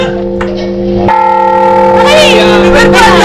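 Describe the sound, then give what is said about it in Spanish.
Clock tower quarter-hour chimes, the last quarter before the New Year bell strokes, ring out in a few loud, resonant strikes whose tones hang and overlap, with voices of people talking rising over the ringing toward the end. “Ese es el último cuarto, ahora vienen las campanadas.”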